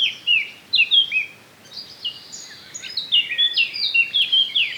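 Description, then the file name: Eurasian blackcap song, a rapid run of varied chattering and whistled notes in bursts, with a brief pause before a longer warbled phrase. "Sylvia atricapilla"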